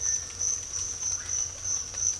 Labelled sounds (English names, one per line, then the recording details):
none
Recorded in dense forest near Puerto Asís, Putumayo, Colombia, on 22 December 2024 at 06:30
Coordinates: 0.485, -76.318
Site GP03